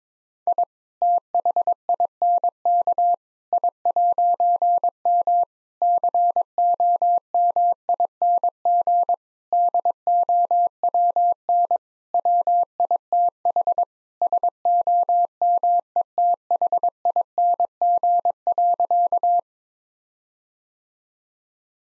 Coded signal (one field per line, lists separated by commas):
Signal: Morse code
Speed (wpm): 22 wpm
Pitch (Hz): 700 Hz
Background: none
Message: I THINK I'M COMING DOWN WITH SOMETHING.